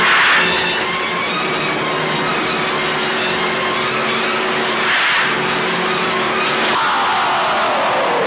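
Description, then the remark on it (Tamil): A car engine roars steadily, then surges with a loud burst of noise as tires screech and the car is driven off in a hurry to go to the estate, its pitch climbing toward the end. No voices. “சீக்கிரம் கார் எடுப்பா, நான் உடனே எஸ்டேட்டுக்கு போகணும்.”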